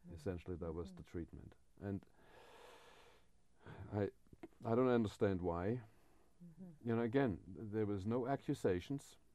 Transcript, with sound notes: Essentially that was the treatment and [Deep breath] I don't understand why. And again, there was no accusations,